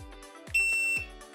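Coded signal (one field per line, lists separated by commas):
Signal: beep code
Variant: Daikin air conditioner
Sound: one steady high beep of about half a second, with low background hum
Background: appliance hum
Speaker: Un bip court signifie que le code affiché n'est pas présent sur l'installation. En revanche, un bip long indique que le code défaut est bien présent.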